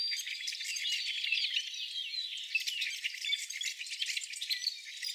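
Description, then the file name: Rusty blackbirds calling in a dense flock, a constant chatter of high squeaky, creaking notes overlapping with other small birds' chirps. Rusty blackbirds together with other bird species. "Rusty Blackbirds and Friends"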